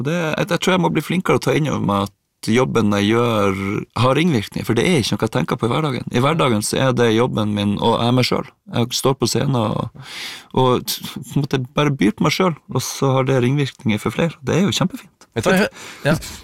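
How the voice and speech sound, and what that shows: Adult male speaking Norwegian in a live radio interview, with audible vocal tics interrupting his speech. Tourette syndrome, with tics present for as long as he can remember and more frequent on an open microphone.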